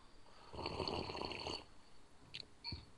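A long, airy slurp of water being sucked from a cup lasts about a second, followed by a couple of small wet clicks and a short second sip. No one speaks.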